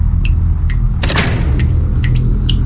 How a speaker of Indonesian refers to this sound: Dan suara ketukan itu terdengar jelas kali ini. Mungkin berasal dari pintu yang terakhir, tapi pintu yang ketiga ini.